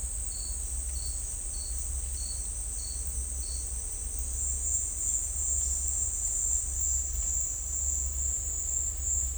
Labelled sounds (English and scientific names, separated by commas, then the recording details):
none
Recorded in dense forest near Puerto Asís, Putumayo, Colombia, on 16 December 2024 at 10:00
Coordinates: 0.466, -76.327
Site G075